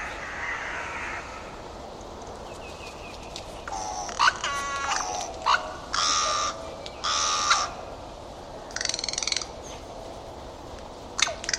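Bird calls: several harsh, drawn-out caw-like notes come in an uneven series, some rough and noisy, with short clicks between them.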